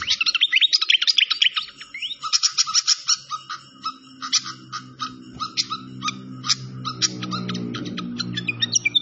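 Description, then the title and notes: Malaysian pied fantail song: rapid squeaky chirps in repeated bursts, with a steady low hum growing louder toward the end. Masteran (training recording) of clear-voiced song mixed with the sound of flowing water. "Masteran Sikatan Kipas Suara Jernih Dan Suara Gemericik Air. Suara Burung Sikatan Londo"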